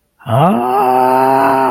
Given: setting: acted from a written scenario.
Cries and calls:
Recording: vocal sound without words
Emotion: fear

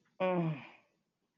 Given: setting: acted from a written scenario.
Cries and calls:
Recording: vocal sound without words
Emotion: desire

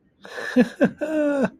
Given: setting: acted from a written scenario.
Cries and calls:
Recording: vocal sound without words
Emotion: triumph

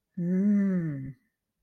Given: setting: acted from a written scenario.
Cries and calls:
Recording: vocal sound without words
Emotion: desire

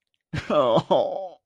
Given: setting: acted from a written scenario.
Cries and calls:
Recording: vocal sound without words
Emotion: sadness

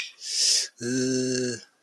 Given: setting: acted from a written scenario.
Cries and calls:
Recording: vocal sound without words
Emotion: embarrassment

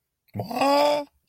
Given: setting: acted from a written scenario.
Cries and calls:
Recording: vocal sound without words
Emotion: negative surprise

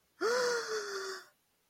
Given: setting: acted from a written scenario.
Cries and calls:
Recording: vocal sound without words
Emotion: positive surprise

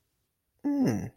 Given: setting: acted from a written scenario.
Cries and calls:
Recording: vocal sound without words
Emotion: interest

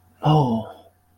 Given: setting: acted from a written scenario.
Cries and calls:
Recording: vocal sound without words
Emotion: relief

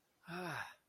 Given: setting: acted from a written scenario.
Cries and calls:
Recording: vocal sound without words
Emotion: relief

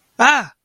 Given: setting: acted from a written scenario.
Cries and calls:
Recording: vocal sound without words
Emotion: fear

